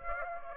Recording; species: mosquito wingbeat signal from an infrared sensor; Aedes aegypti